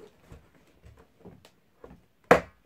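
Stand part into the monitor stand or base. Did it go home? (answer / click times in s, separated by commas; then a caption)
yes / 2.3 s. A stand part of a Samsung T24E390EW TV monitor is pushed into the monitor's stand base, with faint low handling and rustling sounds beforehand. A single sharp, loud snap comes at 2.3 s as the part seats fully home and is confirmed all the way in.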